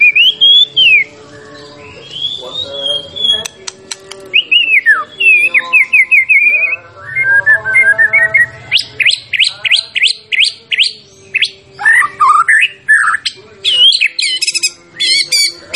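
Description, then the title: White-rumped shama song, a rich medley of swooping whistles, fast rattling notes and sharp high chips, delivered in quick bursts with brief gaps. Champion white-rumped shama; recording used for training songbirds (masteran). "Masteran Murai Batu Juara"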